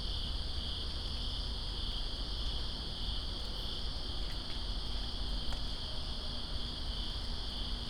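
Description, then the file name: Cricket trilling, steady and high, accompanied by a low rushing rain sound and brief clicking drips. Greensboro, September 2, 2017, in rain. "Greensboro Crickets And Rain September 02 2017"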